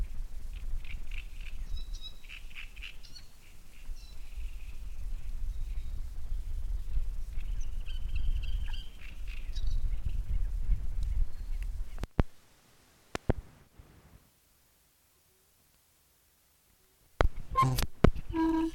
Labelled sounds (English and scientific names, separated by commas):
Great Reed Warbler (Acrocephalus arundinaceus)